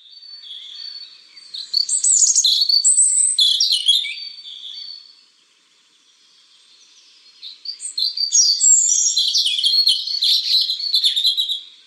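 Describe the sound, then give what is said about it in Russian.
A European robin sings two long, high-pitched phrases of thin, tumbling warbles and trills, separated by a brief quiet pause, with no voices present. “и вот, собственно, зарянку от крапивника мне тоже было сложно отличить.”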